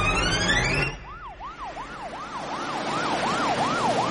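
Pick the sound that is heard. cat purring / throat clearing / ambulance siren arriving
ambulance siren arriving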